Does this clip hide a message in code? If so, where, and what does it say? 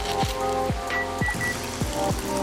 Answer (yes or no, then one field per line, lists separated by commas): no